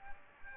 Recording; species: mosquito wingbeat signal from an infrared sensor; Aedes aegypti